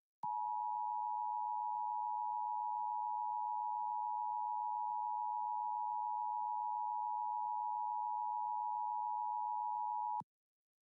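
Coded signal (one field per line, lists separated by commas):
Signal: Emergency Alert System (SAME) tones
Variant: 853 and 960 Hz attention tone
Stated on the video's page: Heard during a special DX test by an AM station on 1170 kHz, received on a Perseus SDR.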